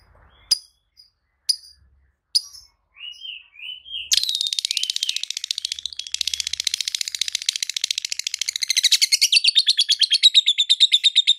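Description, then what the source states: Lovebird song: a few sharp high chirps and short whistled notes, then a dense, fast, buzzy chattering trill running without pause to the end. Masteran recording made for tutoring other birds; song style called konslet.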